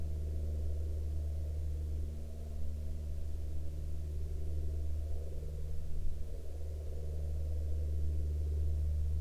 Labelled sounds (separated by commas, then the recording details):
aircraft
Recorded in the Arctic National Wildlife Refuge, Alaska, on 20 June 2019 at 01:10
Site 33